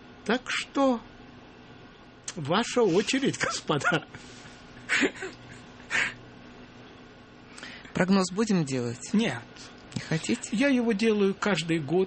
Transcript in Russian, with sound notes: Так что ваша очередь, господа. (смеется)
Прогноз будем делать?
Нет.
Не хотите?
Я его делаю каждый год.